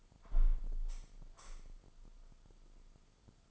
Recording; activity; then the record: daily activity, microphone in the room; close window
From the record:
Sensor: 5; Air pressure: 995.8 hPa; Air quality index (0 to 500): 106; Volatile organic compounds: 8 ppm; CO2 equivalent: 2059 ppm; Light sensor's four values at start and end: 40/98/40/41 and 40/98/40/41